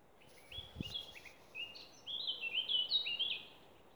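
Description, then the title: Bird singing two bursts of fast, jumbled high whistles and chirps separated by a short pause, with a brief low thud early on. Recorded somewhere around Kupinečki Kraljevec on 30 April 2020. "Snimke ptičjeg pjeva negdje oko Kupinečkog Kraljevca, 30.4.2020."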